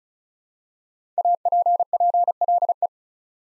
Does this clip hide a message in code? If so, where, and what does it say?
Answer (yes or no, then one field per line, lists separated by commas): yes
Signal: Morse code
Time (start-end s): 1.2-2.9 s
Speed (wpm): 36 wpm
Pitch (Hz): 700 Hz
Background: none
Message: APPLE